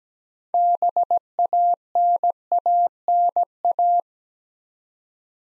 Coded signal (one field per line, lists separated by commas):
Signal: Morse code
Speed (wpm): 17 wpm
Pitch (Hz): 700 Hz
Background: none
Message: BANANA